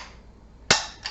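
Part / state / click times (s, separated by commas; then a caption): box magazine into rifle magazine well / seated / 0.7 s. A loaded detachable box magazine is pushed up into the magazine well of a Remington 742 semi-automatic rifle. Faint low noise gives way to a sharp, loud click at 0.7 s as it latches, followed by a softer tick at about 1.1 s. The magazine is seated and locked in place.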